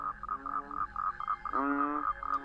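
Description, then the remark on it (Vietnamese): A chorus of toads and frogs croaking past midnight in quick, repeated pulses, with a louder, drawn-out harmonic call breaking in midway before the steady throbbing resumes. “Cho đến khi chừng quá nửa đêm, bất giác tiếng cóc nhái nó kêu ở đâu, làm cho thằng Trung giật mình tỉnh giấc.”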